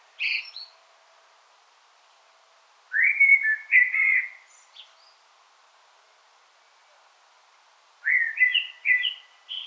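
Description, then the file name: Common blackbird song: a short high squeak, then a mellow whistled warble around three seconds in, and a further fluty phrase near the close. "Turdus merula"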